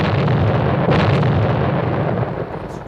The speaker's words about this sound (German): Als der Qualm der Explosion sich verzog von der Kulisse, zeigten sich zum Glücke schon an der einen Ecke Risse.